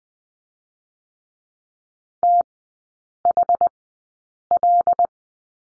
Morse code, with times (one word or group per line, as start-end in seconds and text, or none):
2.2-2.4 T
3.2-3.7 H
4.5-5.1 L